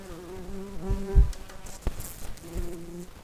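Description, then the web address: Common carder bee buzzing with a steady low hum that dips and resumes, broken by a few soft thumps and taps. Worker bumblebees. "bumblebees Pascuorum-workers"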